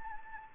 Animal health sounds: mosquito wingbeat signal from an infrared sensor; Anopheles gambiae

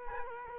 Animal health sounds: mosquito wingbeat signal from an infrared sensor; Culex quinquefasciatus

